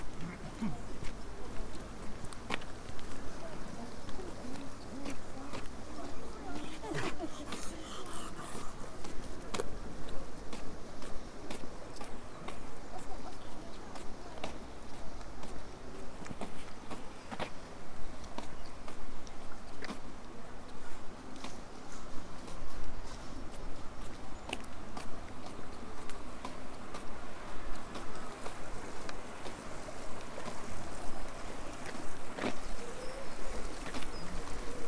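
A walk along the South West Coast Path, with a steady, dense low rush running throughout. Sharp clicks and crunches, likely footsteps and gear, land every second or so, with a few louder knocks around seven and twenty seconds, and faint voices underneath.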